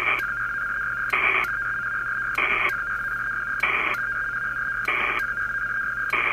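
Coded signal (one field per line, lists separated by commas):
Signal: HF data modem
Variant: PACTOR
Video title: Pactor is a pain in the rear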